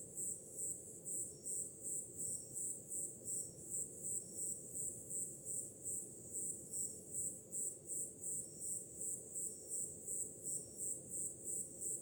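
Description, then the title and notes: Crickets chirping in high, rapid pulsed bursts, roughly three per second, over a continuous low wash of surf. Summer night, with ocean sound in the background. "Som do mar ao fundo, grilos e cigarras em uma noite de verão – Ocean, crickets and cicadas in a summer night"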